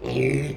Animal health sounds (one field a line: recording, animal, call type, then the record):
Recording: contact call of a hoofed animal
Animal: pig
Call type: closed-mouth grunt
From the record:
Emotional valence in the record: negative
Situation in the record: short social isolation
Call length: 0.56 s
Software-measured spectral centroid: 2030 Hz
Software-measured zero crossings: 1190 a second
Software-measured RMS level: -24 dBFS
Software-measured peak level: -9 dBFS